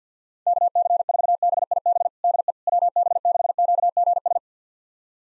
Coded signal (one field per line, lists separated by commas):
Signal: Morse code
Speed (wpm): 50 wpm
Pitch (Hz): 700 Hz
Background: none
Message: KC4BIB DE WB6QGS